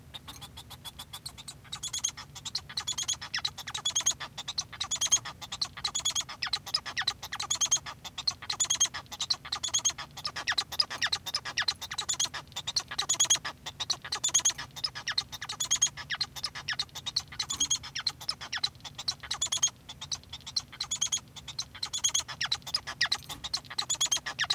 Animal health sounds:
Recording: song of a male Bengalese finch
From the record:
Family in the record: son of father 1

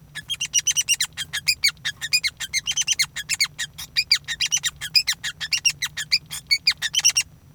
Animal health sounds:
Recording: song of a male Bengalese finch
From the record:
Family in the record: son of father 5

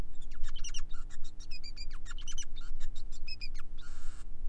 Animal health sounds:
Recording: song of a male Bengalese finch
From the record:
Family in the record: son of father 5

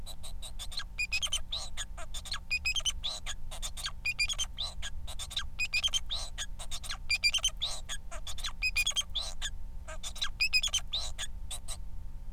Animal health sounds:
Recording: song of a male Bengalese finch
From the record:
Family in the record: son of father 4

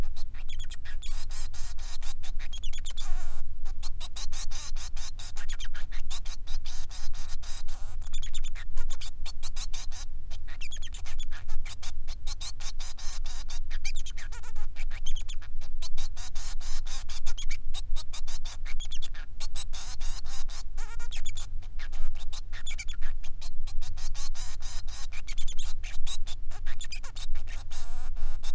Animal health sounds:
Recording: song of a male Bengalese finch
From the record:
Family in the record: son of father 3

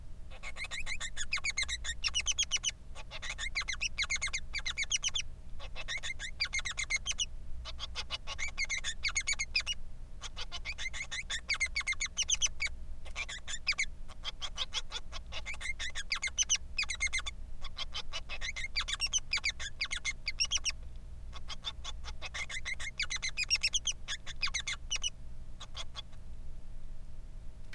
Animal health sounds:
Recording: song of a male Bengalese finch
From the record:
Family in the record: son of father 3

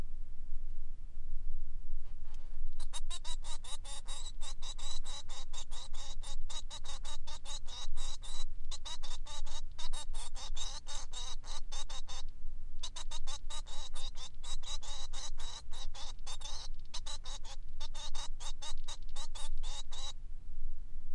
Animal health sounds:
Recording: song of a male Bengalese finch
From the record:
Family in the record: son of father 3

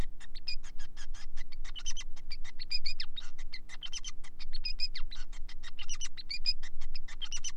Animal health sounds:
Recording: song of a male Bengalese finch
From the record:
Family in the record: son of father 5

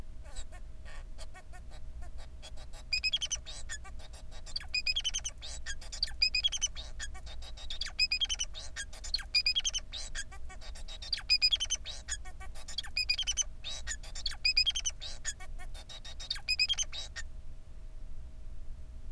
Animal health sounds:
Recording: song of a male Bengalese finch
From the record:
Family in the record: son of father 4

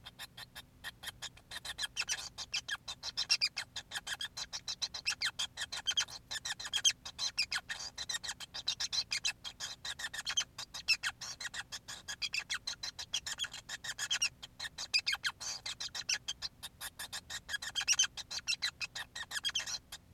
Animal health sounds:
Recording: song of a male Bengalese finch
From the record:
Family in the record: son of father 5

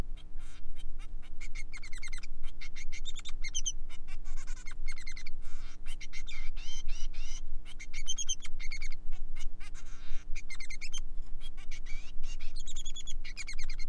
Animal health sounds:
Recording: song of a male Bengalese finch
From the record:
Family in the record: son of father 3

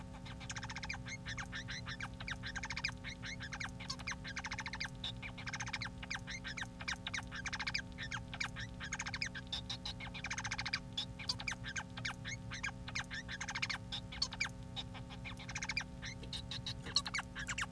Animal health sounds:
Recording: song of a male Bengalese finch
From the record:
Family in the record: son of father 4

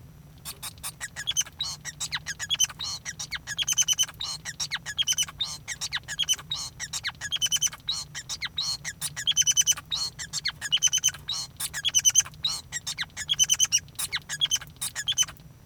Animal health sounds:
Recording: song of a male Bengalese finch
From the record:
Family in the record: son of father 5

